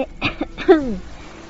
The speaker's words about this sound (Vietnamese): Lam Vũ Lan Phong không thể nói chuyện kia được, đành phải ho khan hai tiếng